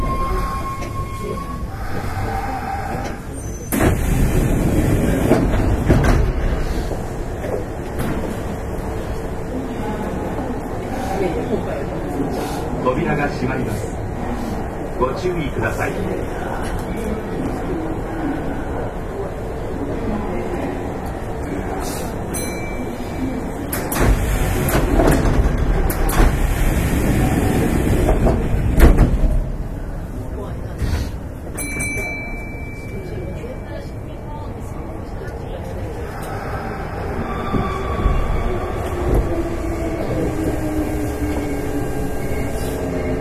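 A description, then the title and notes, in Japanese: Inside an express commuter train, a steady low rumble and rattle of the running carriage fills the clip, with bursts of louder clatter around 4 seconds and 24 to 29 seconds. Faint voices and a brief tone drift through the background. 近畿日本鉄道1220系列電車の走行音です。奈良線の急行列車にて収録しました。区間は、大和西大寺から大阪難波までです。奈良線急行 大和西大寺から大阪難波まで。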